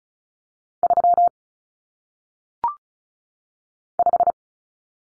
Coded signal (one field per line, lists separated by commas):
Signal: Morse code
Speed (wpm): 35 wpm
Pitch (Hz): 700 Hz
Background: none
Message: 3 5